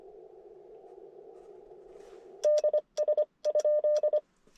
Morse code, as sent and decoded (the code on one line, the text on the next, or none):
-.. / ... / ..--..
D S ?